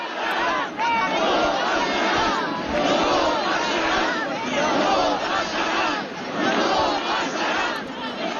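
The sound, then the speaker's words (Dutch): A large protest crowd at a weekend demonstration in Madrid chants the slogan "No pasarán" in unison, loud and continuous, with rhythmic surges of many voices shouting together over a dense background of crowd noise. “Dit weekend waren er dus demonstraties.”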